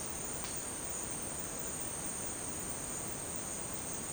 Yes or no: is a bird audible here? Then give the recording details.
no. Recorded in dense forest near Puerto Asís, Putumayo, Colombia, on 23 June 2025 at 11:00. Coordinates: 0.484, -76.317. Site G045